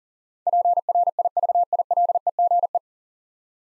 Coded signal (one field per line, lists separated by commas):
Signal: Morse code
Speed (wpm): 40 wpm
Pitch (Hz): 700 Hz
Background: none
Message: PRIVILEGE